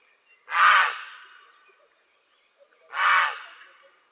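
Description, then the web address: Grey heron calling two loud, rasping croaks about two and a half seconds apart, each harsh and broad-toned with a trailing fade. "naszenadlesnictwo prace Czapla Siwa"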